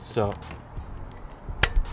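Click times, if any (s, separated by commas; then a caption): 1.6 s. A vacuum wand with two metal pins for carrying power is pushed onto the motorized head of a vacuum cleaner while someone talks. It seats with a sharp click at 1.6 seconds, and the wand is connected.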